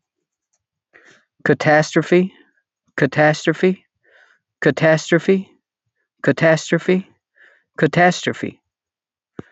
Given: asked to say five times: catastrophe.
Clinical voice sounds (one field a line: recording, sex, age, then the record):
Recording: repeated word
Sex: male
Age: 30 to 39 years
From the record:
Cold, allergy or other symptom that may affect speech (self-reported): no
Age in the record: 34 years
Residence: New Jersey, United States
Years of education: 12